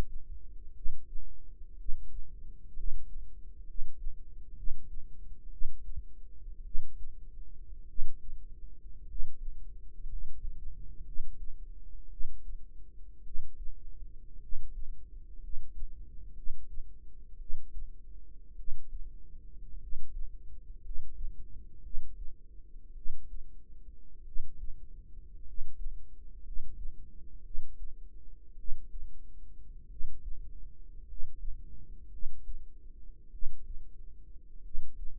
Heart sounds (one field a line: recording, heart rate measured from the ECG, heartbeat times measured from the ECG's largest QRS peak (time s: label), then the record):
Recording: heart sounds by microphone in the right ear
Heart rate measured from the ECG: 55 bpm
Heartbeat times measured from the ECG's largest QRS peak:
0.73 s: heartbeat
1.76 s: heartbeat
2.74 s: heartbeat
3.65 s: heartbeat
4.54 s: heartbeat
5.49 s: heartbeat
6.63 s: heartbeat
7.86 s: heartbeat
9.05 s: heartbeat
10.06 s: heartbeat
11.03 s: heartbeat
12.08 s: heartbeat
13.22 s: heartbeat
14.39 s: heartbeat
15.39 s: heartbeat
16.33 s: heartbeat
17.37 s: heartbeat
18.55 s: heartbeat
19.78 s: heartbeat
20.81 s: heartbeat
21.81 s: heartbeat
22.93 s: heartbeat
24.23 s: heartbeat
25.43 s: heartbeat
26.42 s: heartbeat
27.41 s: heartbeat
28.55 s: heartbeat
29.87 s: heartbeat
31.05 s: heartbeat
32.09 s: heartbeat
33.29 s: heartbeat
34.61 s: heartbeat
From the record:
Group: healthy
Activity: rest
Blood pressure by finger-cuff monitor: 105/50 mmHg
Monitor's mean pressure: 64 mmHg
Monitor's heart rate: 54 bpm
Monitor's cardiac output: 5.2 L/min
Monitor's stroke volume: 94 mL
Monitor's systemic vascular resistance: 860 dyn s/cm5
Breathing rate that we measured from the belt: 11 breaths a minute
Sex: male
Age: 25 years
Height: 170 cm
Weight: 70.4 kg